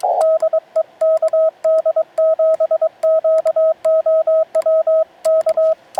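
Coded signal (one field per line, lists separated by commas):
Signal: Morse code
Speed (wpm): 26 wpm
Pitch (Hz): 640 Hz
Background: none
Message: DE KD7QOW K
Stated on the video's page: Summit activation from a mountain in a national forest, mostly on VHF.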